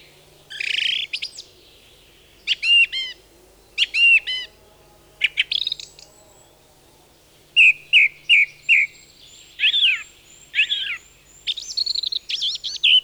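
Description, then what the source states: European Robin singing thin, shimmering high phrases in bursts, some slurred and falling, others clipped and repeated, with brief silences between. Spruce forest; common singer of spruce forests, usually in dense spruce branches; sings most eagerly at dusk and dawn, often from an exposed treetop; song likened to jingling silver bells.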